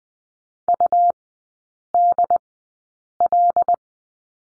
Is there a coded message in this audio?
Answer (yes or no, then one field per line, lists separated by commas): yes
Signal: Morse code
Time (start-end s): 0.7-3.7 s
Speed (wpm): 20 wpm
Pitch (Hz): 700 Hz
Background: none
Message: UDL